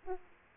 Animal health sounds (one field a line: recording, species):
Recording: mosquito wingbeat signal from an infrared sensor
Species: Aedes aegypti